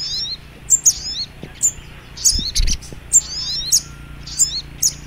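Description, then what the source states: Little Spiderhunter song: sharp high chirps with short downslurred notes in a quick series, plus a brief low thump midway. Training (masteran) song in the Labaik style.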